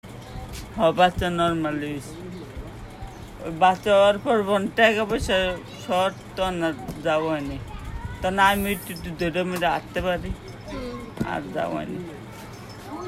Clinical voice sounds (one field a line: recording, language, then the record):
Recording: elicited speech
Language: Bengali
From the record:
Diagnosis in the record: Broca's or global aphasia after a stroke